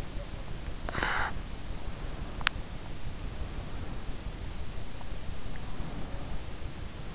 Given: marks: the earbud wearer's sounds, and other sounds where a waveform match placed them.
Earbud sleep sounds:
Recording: sounds in sleep by an in-ear microphone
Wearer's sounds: snoring breath, swallowing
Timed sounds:
0.78-1.83 s: snoring breath
2.12-2.97 s: swallowing

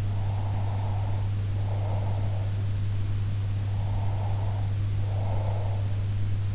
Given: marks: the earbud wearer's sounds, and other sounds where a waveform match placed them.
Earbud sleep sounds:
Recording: sounds in sleep by an in-ear microphone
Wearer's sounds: breath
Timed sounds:
0.08-2.71 s: breath
3.65-5.97 s: breath

